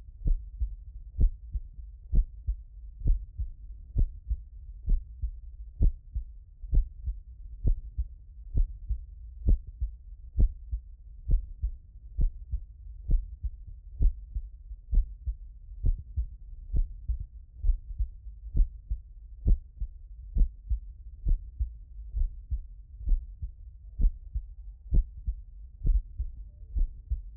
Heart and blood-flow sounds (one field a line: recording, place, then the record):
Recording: heart sounds by stethoscope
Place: tricuspid valve (TV)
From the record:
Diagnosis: non-HFrEF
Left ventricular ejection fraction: 65%